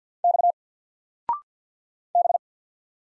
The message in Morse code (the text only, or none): X B